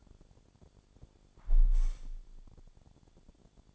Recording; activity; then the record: daily activity, microphone in the room; close window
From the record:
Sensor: 5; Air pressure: 1000.5 hPa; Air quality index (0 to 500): 152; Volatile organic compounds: 2 ppm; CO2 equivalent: 1164 ppm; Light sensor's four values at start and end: 39/93/39/42 and 39/92/38/42